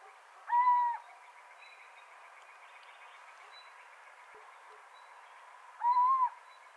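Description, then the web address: Little owl calls: two drawn-out, even-pitched mewing notes, each about half a second long, spaced roughly five seconds apart against a quiet, steady background hiss. "athene noctua call"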